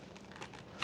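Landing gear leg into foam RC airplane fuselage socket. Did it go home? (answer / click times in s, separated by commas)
no / none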